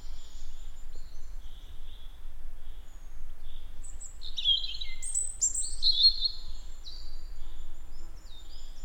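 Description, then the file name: European robin giving quiet, faint notes at first, then a brighter burst of high, tumbling warbled phrases midway, with steady low rumble throughout. "Erithacus rubecula"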